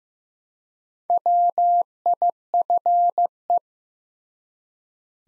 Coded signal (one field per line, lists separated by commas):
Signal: Morse code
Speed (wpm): 15 wpm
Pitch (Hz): 700 Hz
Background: none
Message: WIFE